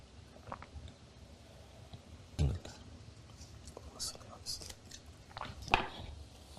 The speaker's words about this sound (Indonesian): Saya minum sebentar ya, supaya kita bisa menekan sedikit biar batuknya nggak terlalu sering. Bismillah. Alhamdulillah.